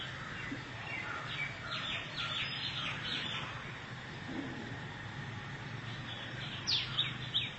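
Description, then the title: Oriental magpie-robin song: a run of varied, quick chirping and whistled notes for a few seconds, then a brief burst of sharp notes near the end, over steady background hum. Chirping song (kicauan) of the bird. "Suara Kicauan Burung Kacer Durasi Panjang"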